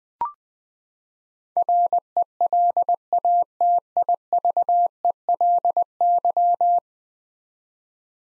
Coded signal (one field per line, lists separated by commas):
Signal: Morse code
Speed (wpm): 20 wpm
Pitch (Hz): 700 Hz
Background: none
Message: RELATIVELY